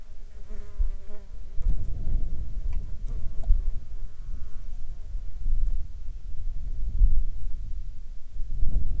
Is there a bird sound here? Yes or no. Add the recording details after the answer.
no. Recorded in Ivvavik National Park, Yukon, on 15 July 2019 at 12:57. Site SINP03